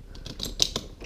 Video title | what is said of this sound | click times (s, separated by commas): Go Go Babyz Travelmate Deluxe with Recaro Proride Convertible Car Seat | can you hear it click and | 0.6 s